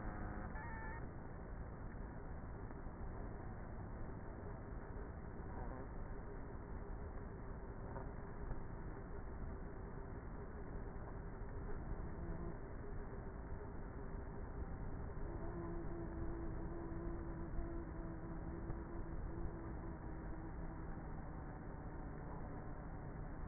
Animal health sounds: honeybee colony, microphone inside the hive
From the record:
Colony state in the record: queenless with a low population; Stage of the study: before two queens were removed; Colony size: about 30,000 bees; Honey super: no

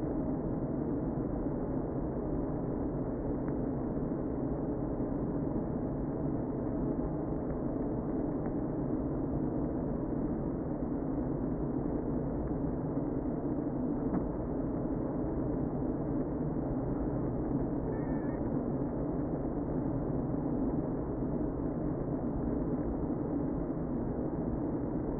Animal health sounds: honeybee colony, microphone inside the hive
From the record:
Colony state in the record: queen present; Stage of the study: before two queens were removed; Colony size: about 60,000 bees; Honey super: yes

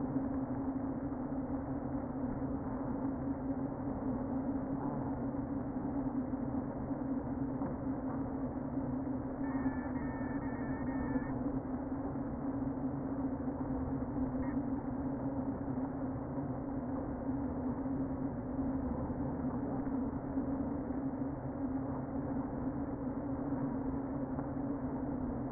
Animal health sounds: honeybee colony, microphone inside the hive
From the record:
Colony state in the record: queen present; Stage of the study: before two queens were removed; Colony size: about 60,000 bees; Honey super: yes

